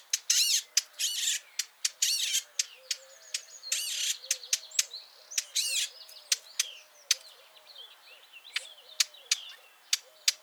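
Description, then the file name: Eurasian blackcap tacking with sharp clicks, mixed with loud harsh buzzy chatter bursts early on and scattered clicks continuing afterward. "Sylvia atricapilla"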